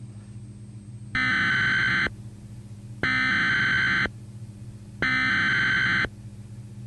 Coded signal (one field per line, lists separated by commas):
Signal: Emergency Alert System (SAME) tones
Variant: header bursts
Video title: Visualization: Emergency Alert System Activating during 9/11.